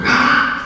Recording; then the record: squeal of a Yucatan mini pig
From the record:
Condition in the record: after surgery on the right vocal fold (resection and tissue-engineered implant); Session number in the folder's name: 15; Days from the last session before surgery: 175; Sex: female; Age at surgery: 19 weeks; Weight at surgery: 25 kg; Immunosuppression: prednisolone